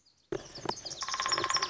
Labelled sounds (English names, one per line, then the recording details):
Lazuli Bunting
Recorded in Sonoma County, California